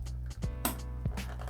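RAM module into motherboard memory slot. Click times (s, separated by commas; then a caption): 0.7 s. A RAM module, lined up by its notch, is slid into a DIMM slot on a Mini ITX motherboard and pressed down with both thumbs until the retention clips snap. Over a steady tonal background, a sharp, bright snap at 0.65 s shows the module is seated, followed by a few quieter taps.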